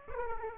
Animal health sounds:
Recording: mosquito wingbeat signal from an infrared sensor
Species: Aedes aegypti

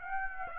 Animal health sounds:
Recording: mosquito wingbeat signal from an infrared sensor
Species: Aedes aegypti

